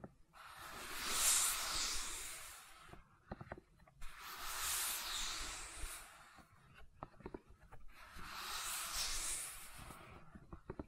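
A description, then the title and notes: Gentle silicone sounds form three soft, hissy swells, each lasting about two to three seconds, near 0, 4 and 8 seconds. Between the swells come brief clusters of quiet clicks and taps. The texture stays bright and airy, with little low sound underneath. ASMR Gentle Silicon Sounds for Sleep (No Talking).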